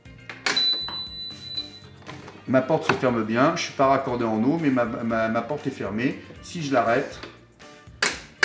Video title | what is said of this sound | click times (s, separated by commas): Code erreur F12 Ariston Hotpoint : réparation pas à pas + changement de carte | ici, déverrouillage de la porte, j'ai entendu le clic et la porte s'ouvre. | 8.4 s